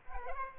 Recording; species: mosquito wingbeat signal from an infrared sensor; Aedes aegypti